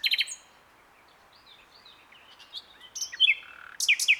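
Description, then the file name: Common nightingale singing: a brief chirpy burst, then soft sliding whistles building into loud, sharp clicking notes at the end. "Luscinia megarhynchos"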